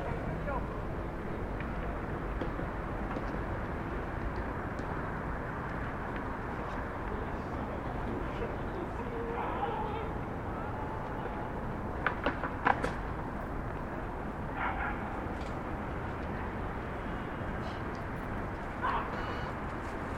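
Rooftop ambience over Starr Street in Brooklyn: a steady, dense wash of traffic and city rumble, mostly low and midrange. Brief brighter clicks and knocks break through around 12 and 13 seconds, with faint voices or passing sounds near 10, 15 and 19 seconds.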